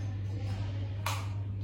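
A thumb rests on the grip of a disc-type dry powder inhaler while its plastic dose lever is slid to the right until it clicks into dose position at 1.1 s, opening the dose hole. The short, bright click rises sharply above a steady low hum. The lever is seated.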